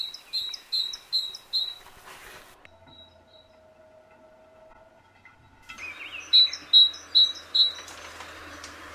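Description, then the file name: Great tit calling in a fast series of bright high notes, a pause with a faint low tone, then another run of four clear repeated notes. "Parus major"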